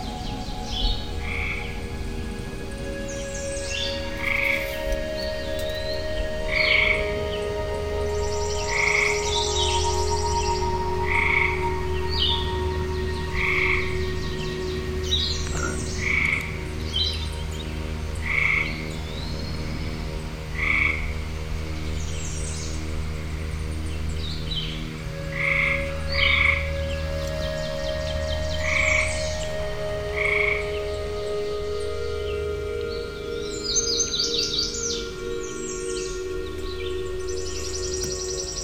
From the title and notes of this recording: A Woodland Morning. This is a live nature recording.